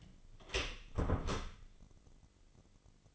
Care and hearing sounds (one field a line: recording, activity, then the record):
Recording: daily activity, microphone in the room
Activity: close door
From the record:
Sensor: 4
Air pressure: 996.9 hPa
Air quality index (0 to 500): 63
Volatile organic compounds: 2 ppm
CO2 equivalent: 1142 ppm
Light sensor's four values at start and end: 18/41/17/17 and 18/43/17/17